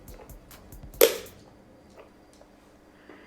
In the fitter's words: It makes like a very nice click. Like it's satisfying.